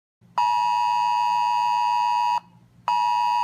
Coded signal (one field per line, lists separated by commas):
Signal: Emergency Alert System (SAME) tones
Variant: 853 and 960 Hz attention tone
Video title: AN UNEXPECTED WAKE UP CALL (EAS Alerts: #163 - 169)